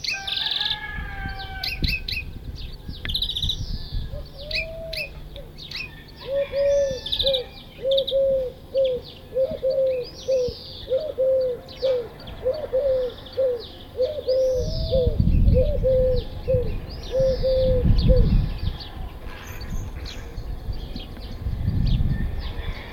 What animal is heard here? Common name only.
Eurasian Collared Dove